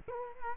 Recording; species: mosquito wingbeat signal from an infrared sensor; Culex quinquefasciatus